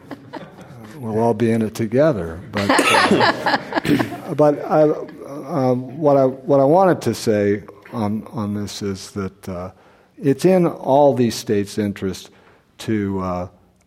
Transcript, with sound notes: we’ll all be in it together.
[Laughter]
But what I wanted to say on this is that it's in all these states’ interest to